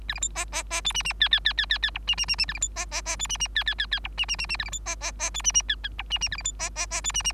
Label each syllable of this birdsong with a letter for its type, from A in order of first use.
A B C D D D E F F G G G G G G H F F F F A B C D D D E F F G G G G H F F F F A B C D D D E F F G H F F A B C D D D E F F